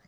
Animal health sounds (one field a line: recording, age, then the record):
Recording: pig call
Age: piglet (1 to 25 days)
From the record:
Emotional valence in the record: positive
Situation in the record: short reunion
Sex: male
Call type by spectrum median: low-frequency call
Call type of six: low-frequency tonal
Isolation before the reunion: 3 minutes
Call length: 0.08 s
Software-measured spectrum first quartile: 196 Hz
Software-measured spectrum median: 727 Hz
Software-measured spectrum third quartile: 2536 Hz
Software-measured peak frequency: 176 Hz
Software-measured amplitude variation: 133 dB a second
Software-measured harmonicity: 2.4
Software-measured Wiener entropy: -1.05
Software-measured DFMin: 607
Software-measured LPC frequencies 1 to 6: 2001, 3516, 4933, 6019, 6958, 8024 Hz